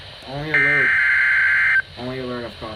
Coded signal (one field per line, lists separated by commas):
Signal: Emergency Alert System (SAME) tones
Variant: header bursts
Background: speech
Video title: SMW on KEC83 | 8/18/2019 (EAS #550)